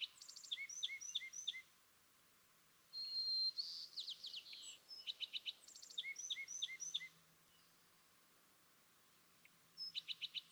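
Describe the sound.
California thrasher song: bursts of chirps and downslurred notes, with one phrase group repeated across the recording and silent gaps between.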